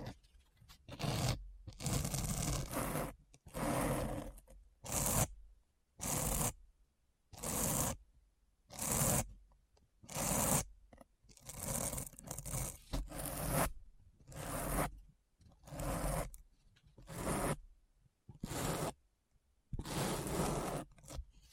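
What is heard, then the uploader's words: Repeated scratching strokes, each about a second long with short silent gaps, a steady rhythm of bright, rough scraping bursts throughout. ASMR Deep Brain Scratch (No Talking).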